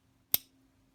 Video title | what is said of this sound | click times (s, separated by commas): Glock Quick & Easy Caliber Conversion - .40 S&W to 9mm | There we go. It clicked into place. | 0.3 s